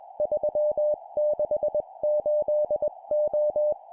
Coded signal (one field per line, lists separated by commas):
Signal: Morse code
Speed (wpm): 21 wpm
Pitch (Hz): 600 Hz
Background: none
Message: 368O